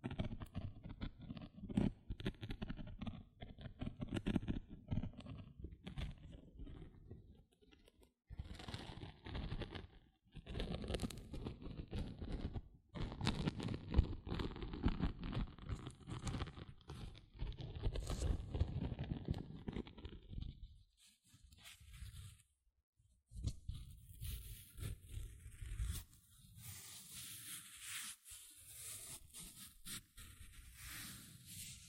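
Gentle scratching goes on in soft, uneven bursts, mostly low and muffled with a rustling grain. Brief pauses fall near 8, 12 and 21 seconds. After about 23 seconds the strokes turn lighter and crisper, with a thin, hissy edge.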